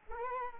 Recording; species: mosquito wingbeat signal from an infrared sensor; Culex pipiens